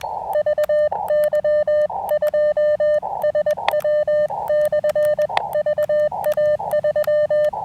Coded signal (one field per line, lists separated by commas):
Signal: Morse code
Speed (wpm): 20 wpm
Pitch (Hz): 590 Hz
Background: radio noise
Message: VY2SW/VA3